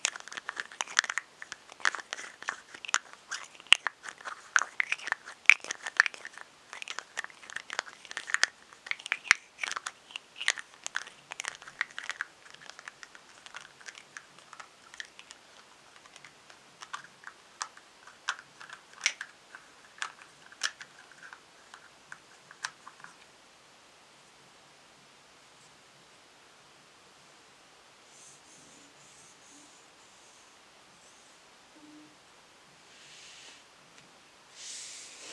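Rapid tapping and crinkling fill the first twenty-three seconds, dense clicks and crackly rustles coming in quick irregular bursts. Then the tapping stops almost entirely, leaving near silence broken by a few soft hisses and a brief crinkle near the end.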